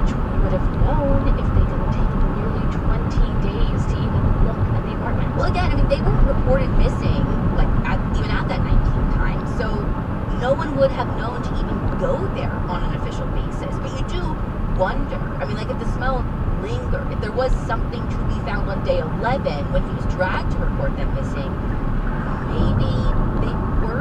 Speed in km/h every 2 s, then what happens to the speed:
76, 77, 77, 79, 79, 76, 72, 71, 71, 69, 69, 69.
0-8 steady at about 77. 8-12 slows to 72. 12-24 steady at about 69.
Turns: none.